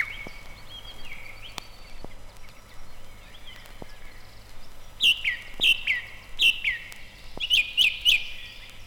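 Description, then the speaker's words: Song Thrush song, a few faint whistles, then loud clear notes repeated in short bursts in the second half, over steady background hiss. Spring forest; unhurried sonorous phrases delivered from the top of a tall spruce. "Эти неторопливые звучные строфы доносятся с вершины"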